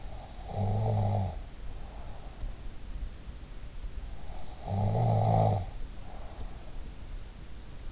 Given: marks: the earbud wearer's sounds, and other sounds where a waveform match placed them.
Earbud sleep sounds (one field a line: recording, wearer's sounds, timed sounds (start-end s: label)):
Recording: sounds in sleep by an in-ear microphone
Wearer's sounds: snoring breath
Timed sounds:
0.00-2.72 s: snoring breath
4.24-7.61 s: snoring breath